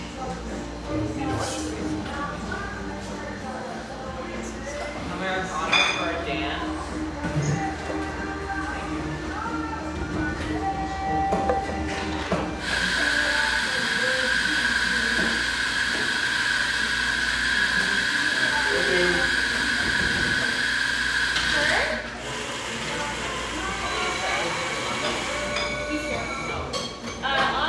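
Murmuring voices and light clatter fill an industrial-styled cafe, with occasional clinks and knocks. From about 12 to 22 seconds a loud, steady hiss with a high whistling tone takes over, like a steam wand, then the chatter returns.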